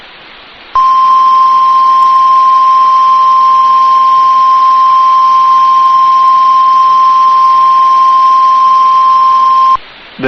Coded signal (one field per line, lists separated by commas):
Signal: Emergency Alert System (SAME) tones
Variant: 1050 Hz attention tone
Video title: SEVERE THUNDERSTORM WARNING (EAS ALERT 190)